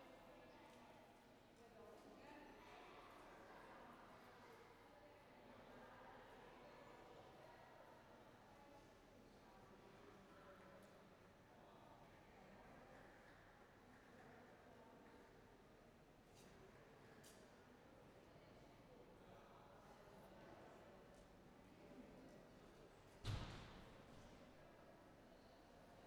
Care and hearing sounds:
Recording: everyday scene through a hearing-aid microphone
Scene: reverberant space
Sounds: background noise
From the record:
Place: railway station hall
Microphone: behind the ear, right, rear

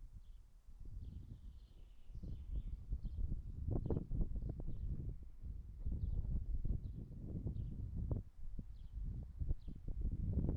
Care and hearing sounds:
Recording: everyday scene through a hearing-aid microphone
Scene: wind on the microphone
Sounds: wind, traffic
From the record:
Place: in front of a rural house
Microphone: behind the ear, right, rear

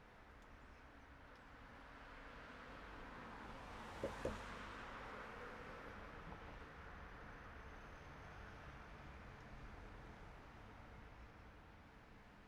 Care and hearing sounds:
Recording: everyday scene through a hearing-aid microphone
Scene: in traffic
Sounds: traffic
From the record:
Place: city secondary road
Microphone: behind the ear, right, front

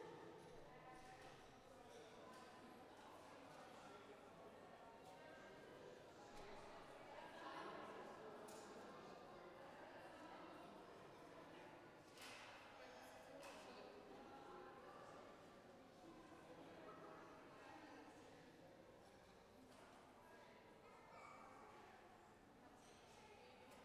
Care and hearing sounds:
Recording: everyday scene through a hearing-aid microphone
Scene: reverberant space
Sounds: background noise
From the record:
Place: railway station hall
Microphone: behind the ear, left, front

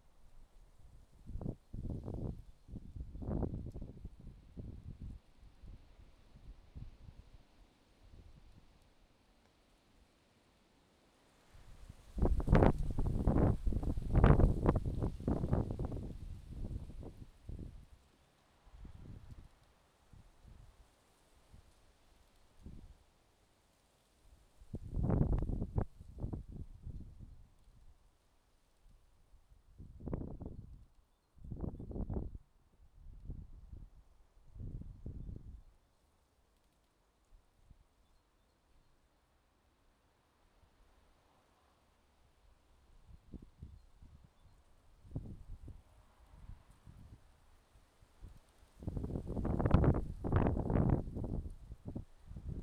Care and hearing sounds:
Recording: everyday scene through a hearing-aid microphone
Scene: wind on the microphone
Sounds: wind, traffic, birds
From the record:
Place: suburban garden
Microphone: in the ear canal, left

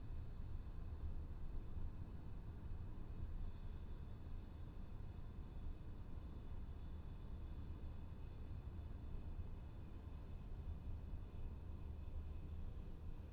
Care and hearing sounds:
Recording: everyday scene through a hearing-aid microphone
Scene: in a vehicle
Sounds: engine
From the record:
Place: VW T5 Caravelle, diesel engine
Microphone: behind the ear, left, front

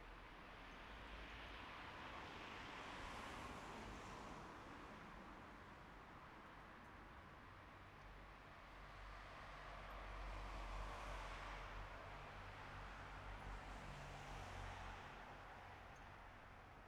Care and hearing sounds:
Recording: everyday scene through a hearing-aid microphone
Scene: in traffic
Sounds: traffic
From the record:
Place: bus stop on a city main road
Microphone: behind the ear, right, front

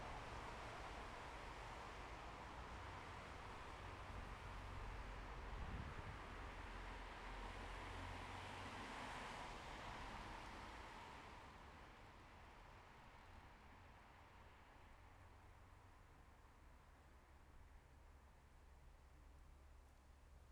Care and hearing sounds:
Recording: everyday scene through a hearing-aid microphone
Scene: in traffic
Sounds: traffic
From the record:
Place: bus stop on a city main road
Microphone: behind the ear, left, rear

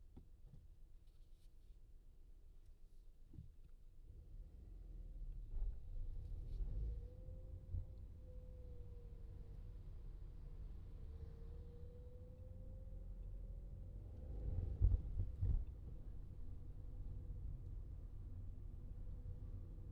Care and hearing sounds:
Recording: everyday scene through a hearing-aid microphone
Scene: in a vehicle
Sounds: engine, traffic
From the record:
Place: Skoda Fabia, gasoline engine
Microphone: in the ear canal, left

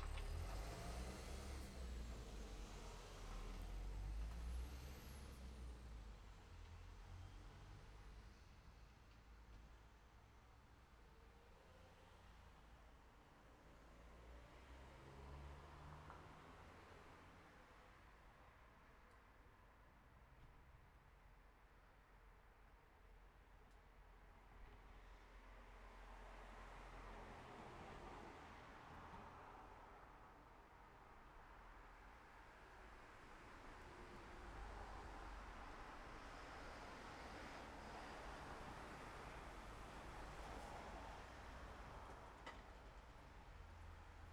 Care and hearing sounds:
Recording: everyday scene through a hearing-aid microphone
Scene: in traffic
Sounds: traffic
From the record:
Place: city secondary road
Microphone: behind the ear, left, front

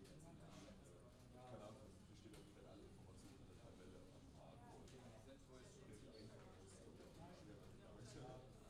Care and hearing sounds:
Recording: everyday scene through a hearing-aid microphone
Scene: many people talking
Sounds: many voices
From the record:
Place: university cafeteria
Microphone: in the ear canal, left

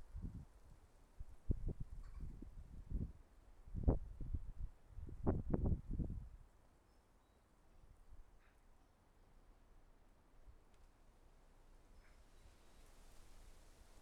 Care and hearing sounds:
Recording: everyday scene through a hearing-aid microphone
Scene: wind on the microphone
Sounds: wind, traffic, birds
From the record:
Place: suburban garden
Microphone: behind the ear, left, rear

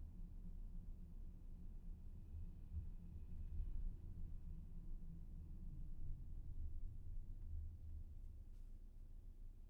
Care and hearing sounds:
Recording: everyday scene through a hearing-aid microphone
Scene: in a vehicle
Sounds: engine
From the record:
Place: VW T5 Caravelle, diesel engine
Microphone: behind the ear, left, rear

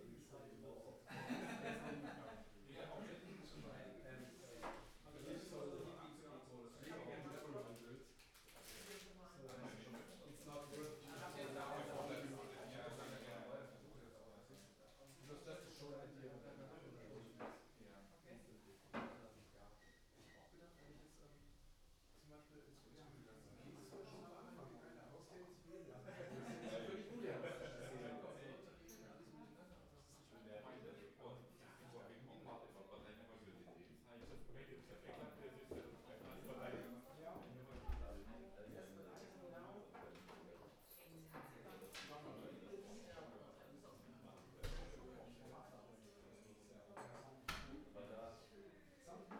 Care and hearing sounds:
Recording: everyday scene through a hearing-aid microphone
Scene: many people talking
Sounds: many voices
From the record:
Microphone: behind the ear, right, rear

